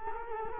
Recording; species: mosquito wingbeat signal from an infrared sensor; Culex quinquefasciatus